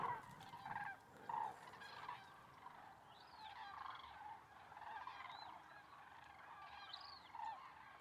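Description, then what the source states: Common cranes trumpeting, rolling calls from several birds at once, in bursts over a steady background of more calling. Flock of common cranes (Grus grus) at a migration stopover, Lac du Der reservoir, eastern France, November; over 200,000 counted; Nagra Seven, MKH8020 stereo.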